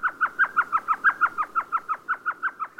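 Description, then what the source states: Elf Owl giving a steady run of short, yelping notes, evenly spaced at about six per second and holding a level pitch throughout. World's smallest owl species.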